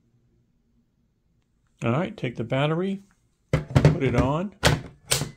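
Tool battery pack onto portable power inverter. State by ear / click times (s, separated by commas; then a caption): seated / 5.1 s. A tool battery pack is placed onto the battery mount of an EGO Nexus Escape PAD5000 portable power inverter while someone talks. A single firm hit at 5.1 s marks the pack locking in place on the inverter, which has a release button for the pack.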